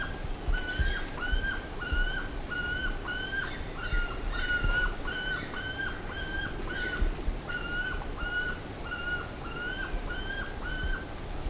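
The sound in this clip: Bird calls: a steady run of short whistled notes, about two a second, with higher chirps mixed in, over low background rumble.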